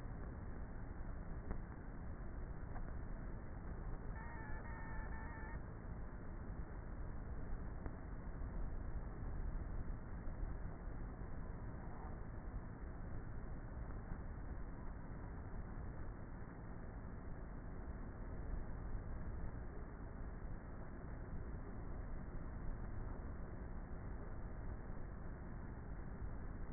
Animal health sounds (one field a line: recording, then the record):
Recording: honeybee colony, microphone inside the hive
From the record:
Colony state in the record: queenless with a low population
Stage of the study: before two queens were removed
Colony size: about 30,000 bees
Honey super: no